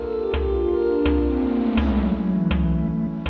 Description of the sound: Sensors on the patient's body detect vital signs, and that makes the data into sound. Heart rate controls the tempo temperature determines the notes, and skin sweat drives the melody. A way for nonverbal autistic children to express themselves. Here's an anxious one.